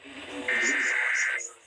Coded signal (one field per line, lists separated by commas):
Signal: Emergency Alert System (SAME) tones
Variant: header bursts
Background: speech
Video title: THE REMNANTS OF HILARY (EAS Compilation) EAS Alerts from 9/1/23 - 9/2/23